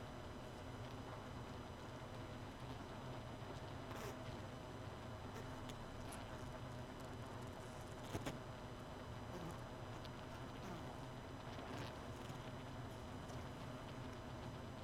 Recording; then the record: honeybee colony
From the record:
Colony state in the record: missing queen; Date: 31 May 2018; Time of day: 2:20